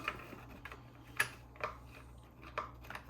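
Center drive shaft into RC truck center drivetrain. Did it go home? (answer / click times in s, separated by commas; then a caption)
no / none. An aftermarket M2C Racing metal center drive shaft is lowered into the center drivetrain of a Traxxas X-Maxx RC monster truck, with sharp knocks and taps at about 0.1, 1.2, 1.6, 2.6 and 3.0 seconds over a low steady hum. The shaft is still being handled and has not seated or clicked into place yet.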